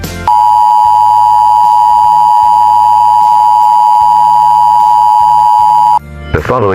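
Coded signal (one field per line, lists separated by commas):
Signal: Emergency Alert System (SAME) tones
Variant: 853 and 960 Hz attention tone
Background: speech, music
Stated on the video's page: Mock EAS alert made as an experiment, fictional.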